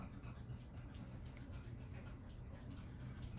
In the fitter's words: Push down on it. Make sure it locks into place good.